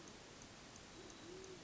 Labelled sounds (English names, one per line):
Band-tailed Pigeon